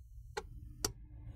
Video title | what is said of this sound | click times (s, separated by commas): 2014-18 GM Silverado/Sierra 1500 & SUV's 6.2L - Delta Force Performance Intake 615178 | going to push it in till you hear it click and then | 0.4 s, 0.8 s